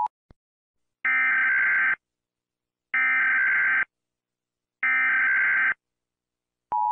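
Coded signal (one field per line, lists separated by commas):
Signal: Emergency Alert System (SAME) tones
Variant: header bursts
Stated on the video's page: Sound effect of US EAS alarm, not a real broadcast.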